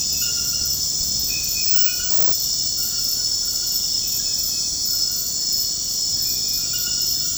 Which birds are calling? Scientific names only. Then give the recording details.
none. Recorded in dense forest near Puerto Asís, Putumayo, Colombia, on 18 February 2024 at 01:00. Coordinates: 0.472, -76.329. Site G6394